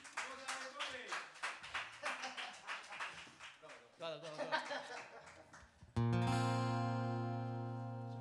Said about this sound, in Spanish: Así que pido un aplauso para el ínclito, el maravilloso, el de los dedos vertiginosos, el rock duro de